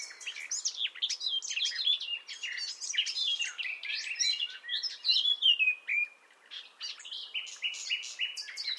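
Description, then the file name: Common nightingale singing continuously, a dense mix of chattering, whistled and scratchy notes with barely a break, over a faint background hiss. "Luscinia megarhynchos"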